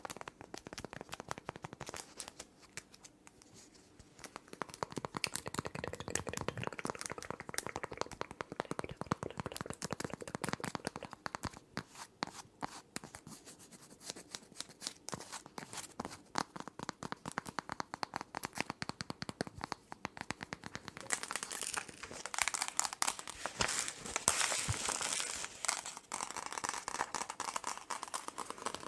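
Long nails tap and scratch in dense, rapid clicks that swell and fade, brightest and busiest from about 21 to 27 seconds.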